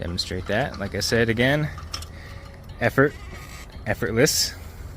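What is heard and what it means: Someone talks while handling a patio umbrella, raising the canopy with the lift handle so the runner latch slides up the umbrella pole toward its locked-open position. Faint handling noises sit under the speech. Nothing has seated or clicked yet.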